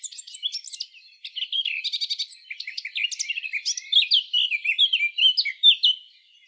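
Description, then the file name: Eurasian blackcap song: a fast, varied warble of chattering and twittering notes, with short buzzy trills and clearer, louder phrases toward the end. "Sylvia atricapilla"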